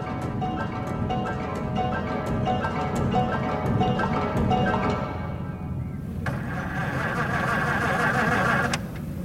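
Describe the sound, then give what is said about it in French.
A car engine runs steadily as the car is driven at night, with a heavy, low rumble and a droning hum. Partway through, the tone shifts and turns brighter and rougher as the motor strains. “Oh, je n'y arrive pas. Damné moteur.”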